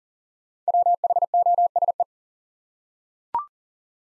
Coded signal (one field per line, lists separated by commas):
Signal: Morse code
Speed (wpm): 39 wpm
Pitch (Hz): 700 Hz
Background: none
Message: WHOSE